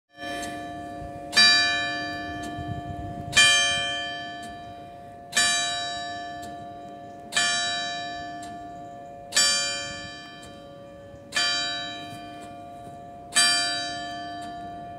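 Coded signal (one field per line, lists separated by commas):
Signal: clock strike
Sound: a church bell strikes 7 times, evenly about two seconds apart, with ringing decay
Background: low hum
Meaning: The bell strikes mark the hour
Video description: La prima chiesa che si vede è il santuario delle Olivette che suona il segnale orario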